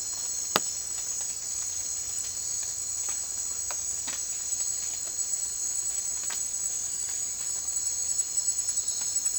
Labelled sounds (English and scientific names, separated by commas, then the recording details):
none
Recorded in secondary vegetation near Puerto Asís, Putumayo, Colombia, on 30 June 2025 at 17:30
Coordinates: 0.499, -76.323
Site G077